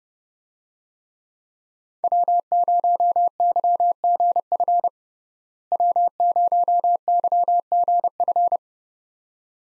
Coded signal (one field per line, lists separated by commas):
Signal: Morse code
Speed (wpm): 30 wpm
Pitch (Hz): 700 Hz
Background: none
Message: W0YGF W0YGF